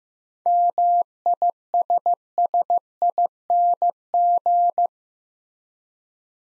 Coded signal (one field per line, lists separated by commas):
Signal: Morse code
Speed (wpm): 15 wpm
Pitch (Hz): 700 Hz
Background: none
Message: MISSING